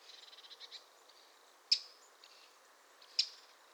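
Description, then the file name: Eurasian wren calls: a soft rapid ticking run at the start, then two loud sharp high clicks about a second and a half apart. "Troglodytes troglodytes"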